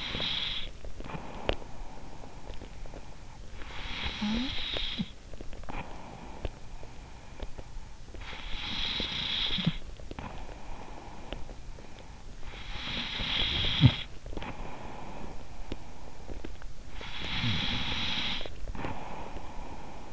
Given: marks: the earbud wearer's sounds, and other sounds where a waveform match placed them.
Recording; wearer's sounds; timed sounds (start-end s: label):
sounds in sleep by an in-ear microphone; breath, snoring breath
0.00-12.40 s: breath
12.40-16.46 s: snoring breath
16.46-20.13 s: breath